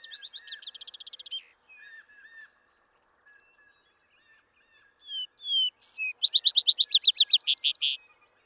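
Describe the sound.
Vesper sparrow song: the tail of a trill, soft lower notes, then slurred whistles leading into a loud, rapid, sweet trill.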